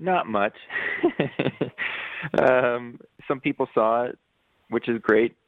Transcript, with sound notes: Not much. (laughter) Some people saw it, which is great.